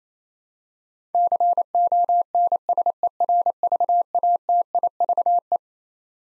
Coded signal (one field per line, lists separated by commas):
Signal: Morse code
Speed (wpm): 27 wpm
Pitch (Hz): 700 Hz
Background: none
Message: CONSERVATIVE